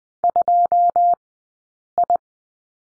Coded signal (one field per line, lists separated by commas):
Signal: Morse code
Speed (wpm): 20 wpm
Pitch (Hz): 700 Hz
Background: none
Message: 2I